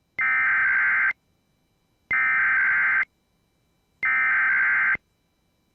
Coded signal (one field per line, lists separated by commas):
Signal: Emergency Alert System (SAME) tones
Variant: header bursts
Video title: If you like EAS Tests, this is the video for you. (EAS 651-666)